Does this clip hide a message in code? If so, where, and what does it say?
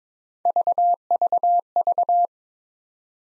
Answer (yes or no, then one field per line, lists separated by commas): no